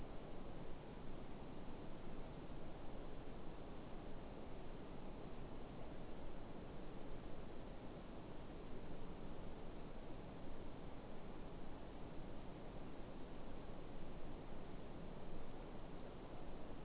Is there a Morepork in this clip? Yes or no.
no